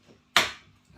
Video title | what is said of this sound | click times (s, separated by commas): Unboxing Xiaomi Mi M365 Pro 2 Escooter | Like so, you hear that click, pick the handlebar. | 0.4 s